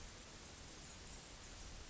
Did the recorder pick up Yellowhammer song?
no